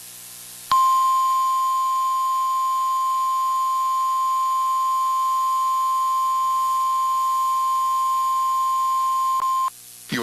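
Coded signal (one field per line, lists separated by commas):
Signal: Emergency Alert System (SAME) tones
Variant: 1050 Hz attention tone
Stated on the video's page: Real Required Weekly Test alerts captured over one day.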